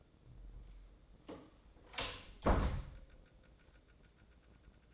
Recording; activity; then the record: daily activity, microphone in the room; close door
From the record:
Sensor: 3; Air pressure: 1012.3 hPa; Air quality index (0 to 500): 182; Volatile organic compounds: 3 ppm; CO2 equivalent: 1388 ppm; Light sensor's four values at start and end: 502/1246/513/522 and 495/1229/506/514